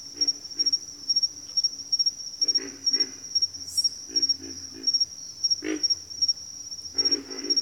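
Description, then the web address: Pig frogs give deep, coarse grunts in groups of several, while a high insect drone pulses steadily behind them. Several pig frogs calling in a bayou. "The Natural Sounds of the Wilderness. Echoes of Nature - Bayou. Pig Frogs"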